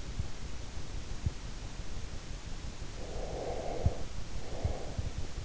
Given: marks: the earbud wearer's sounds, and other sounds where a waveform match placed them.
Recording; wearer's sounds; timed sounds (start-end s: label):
sounds in sleep by an in-ear microphone; breath
2.85-5.13 s: breath